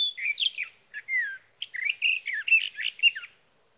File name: Sage Thrasher